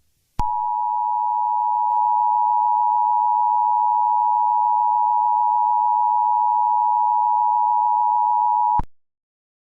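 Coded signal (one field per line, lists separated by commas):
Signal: Emergency Alert System (SAME) tones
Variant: 853 and 960 Hz attention tone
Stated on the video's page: Fictional EAS scenario.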